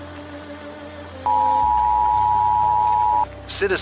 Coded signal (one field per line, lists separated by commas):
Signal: Emergency Alert System (SAME) tones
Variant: 853 and 960 Hz attention tone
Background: speech